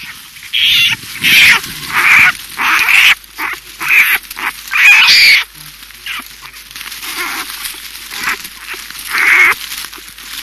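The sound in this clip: American black bear giving several harsh, high-pitched calls in short bursts, unevenly spaced, over a steady hiss.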